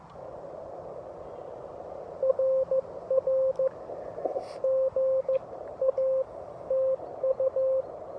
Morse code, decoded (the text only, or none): RR GA TU